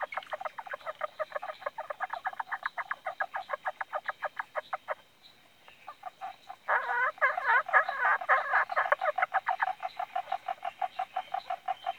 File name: Indosylvirana temporalis